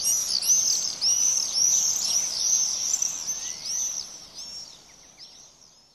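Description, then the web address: Common swift screams: shrill, high-pitched screeching calls from several birds in rapid succession, fading out after about five seconds over a steady background hiss. "Bird Song Site Swift - Martinet"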